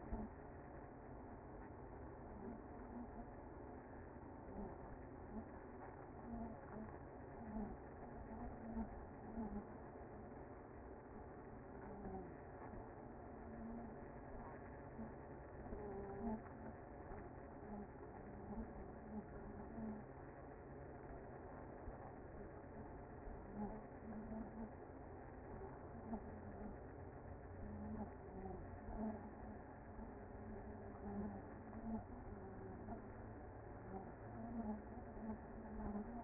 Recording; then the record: honeybee colony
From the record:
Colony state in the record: active